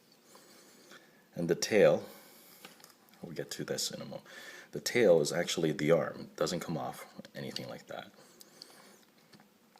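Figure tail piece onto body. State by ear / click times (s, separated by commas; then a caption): not seated / none. Someone talks while fitting the plastic tail/arm piece of a Transformers Age of Extinction Scorn transforming figure onto its body, with faint plastic taps around 2.7–3.1 s and 8.4–8.6 s. The piece only goes so far and does not snap into place, so nothing has seated or clicked yet.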